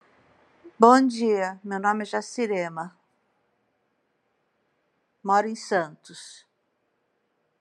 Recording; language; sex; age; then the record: spoken sentence; Brazilian Portuguese; female; 60 to 69 years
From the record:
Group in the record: control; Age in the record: 60 years